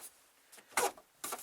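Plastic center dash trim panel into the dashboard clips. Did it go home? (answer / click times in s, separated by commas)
yes / 0.8 s, 1.2 s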